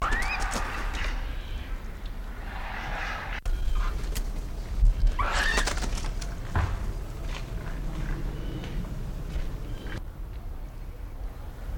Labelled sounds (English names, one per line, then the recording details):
Northern Hawk-Owl
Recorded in captivity
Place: Timmendorfer Strand, Holsteinische Schweiz, Schleswig-Holstein, DE
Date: 1992-09-21 15:30
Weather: sonnig, 22°C
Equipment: Marantz CP 430, Sennheiser ME 80, Kopie Tesla B 116
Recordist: Tembrock, Günter
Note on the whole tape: Vogelpark Niendorf; 2 Tiere, Ortswechsel mehrfach, dann in Nähe des anderen, diverse Lautformen und 2 Langlaute